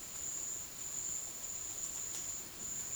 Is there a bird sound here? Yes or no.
no